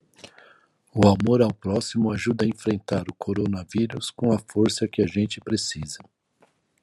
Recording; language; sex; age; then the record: spoken sentence; Brazilian Portuguese; male; 50 to 59 years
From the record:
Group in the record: control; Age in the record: 56 years